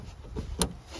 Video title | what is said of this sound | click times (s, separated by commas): How to Replace or Upgrade the Lights on a 10th generation Honda Civic (2016 - 2021) | there you go click I I | 0.6 s